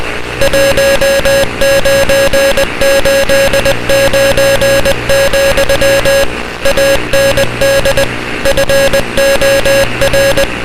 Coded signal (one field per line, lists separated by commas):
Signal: Morse code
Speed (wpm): 20 wpm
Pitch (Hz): 550 Hz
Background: music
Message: 1989, AND FOR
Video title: EAS Scenario - Talking Angela's Rampage: Ailurophobia | (Ft. SPCEastCoast1559)